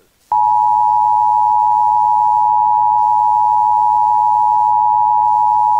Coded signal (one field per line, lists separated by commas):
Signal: Emergency Alert System (SAME) tones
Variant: 853 and 960 Hz attention tone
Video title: EAS 965: IPAWSCAP Fire Warning for Plumas, CA